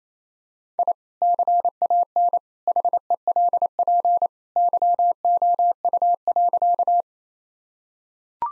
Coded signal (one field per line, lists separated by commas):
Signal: Morse code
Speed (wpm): 28 wpm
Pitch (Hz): 700 Hz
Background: none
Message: I CAN HELP YOU.